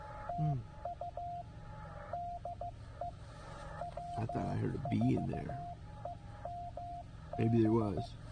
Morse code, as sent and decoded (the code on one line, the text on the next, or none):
- ..- / -.. . / .-- ....- . -- -...
TU DE W4EMB